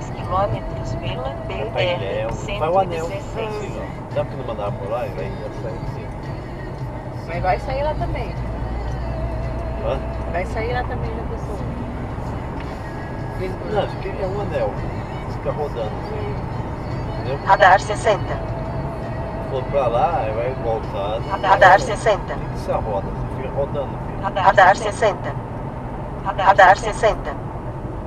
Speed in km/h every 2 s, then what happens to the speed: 62, 62, 62, 68, 75, 80, 81, 81, 81, 79, 77, 77, 74, 58.
4-10 speeds up to 80. 10-23 steady at about 80. 23-28 brakes to 58.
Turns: none.